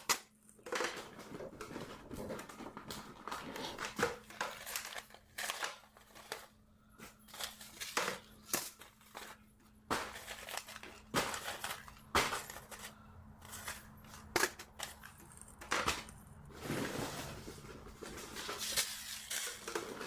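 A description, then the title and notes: Packets of seeds being sorted: papery rustles and crinkles come in quick, uneven bursts with sharp little taps and slaps every second or so throughout. A steady low hum runs underneath, and the handling grows busier and louder near the end. Sorting Seed packets. Sorting packets of seeds.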